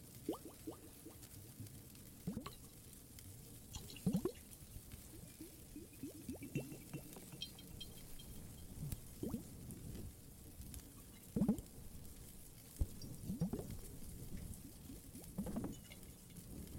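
Water drips and a crackling fire fill the clip, with sharp pops and snaps scattered unevenly every second or two, some louder bursts around 4, 11 and 15 seconds. Underneath runs a steady, low, soft hiss like light rain.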